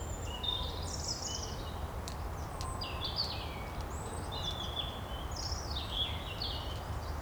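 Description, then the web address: Birds calling, bright whistled phrases and sharp chirps, a few clicks, steady low rumble underneath. Recorded in the morning. "Keller Seth Morning Birds"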